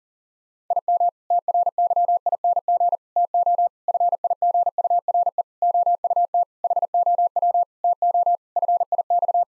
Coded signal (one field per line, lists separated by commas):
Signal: Morse code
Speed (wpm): 40 wpm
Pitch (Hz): 700 Hz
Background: none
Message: IM TRYING TO FIGURE OUT HOW TO FIX